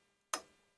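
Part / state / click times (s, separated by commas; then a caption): electromagnetic clutch plate on a car A/C compressor / seated / 0.3 s. Twelve volts are applied to the electromagnetic clutch of a car A/C compressor, and the freely spinning clutch plate pulls in and locks with one sharp clack at 0.3 s. A bright, broadband snap fades out over about a quarter second in an otherwise quiet clip. The clutch engages and the plate no longer turns.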